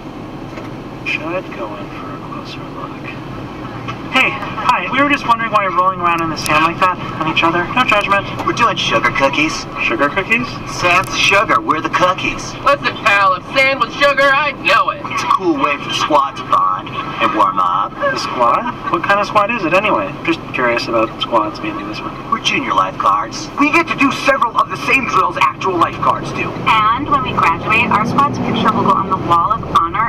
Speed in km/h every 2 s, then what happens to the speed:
2, 8, 14, 19, 19, 15, 5, 0, 0, 0, 0, 0, 6, 17, 22.
0-6 pulls away to 19. 8-14 slows to 0. 14-22 standing. 22-30 pulls away to 22.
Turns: none.